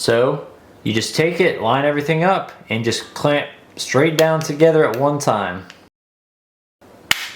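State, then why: Seated. Someone talks while the two plastic halves of a Honda key fob shell are lined up and pressed straight together after the battery is replaced. One half snaps into the other with a sharp click at 7.1 s, and the shell is seated with its seams closed back up.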